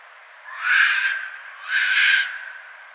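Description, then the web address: Red fox giving two harsh, raspy bark-screams in quick succession, with faint hiss between them. Recorded on 6 February 2012. "Red Fox 2012 02 06 Red Fox"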